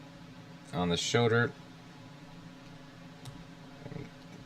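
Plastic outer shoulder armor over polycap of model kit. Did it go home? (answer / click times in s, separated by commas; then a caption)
yes / 3.2 s. An outer plastic shoulder armor section of a bootleg HG Ground Type Gundam model kit is slid over the polycap on the shoulder while someone talks. A soft, brief click comes at 3.2 s as the armor locks into place, seated.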